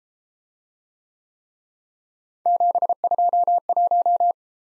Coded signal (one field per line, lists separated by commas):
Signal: Morse code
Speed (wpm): 31 wpm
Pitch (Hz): 700 Hz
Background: none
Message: 721